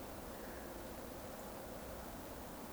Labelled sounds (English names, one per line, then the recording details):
Eurasian Woodcock whistle
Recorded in Baden-Württemberg, Germany, on 15 June 2020 at 20:28 UTC
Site 14569, 102 m above sea level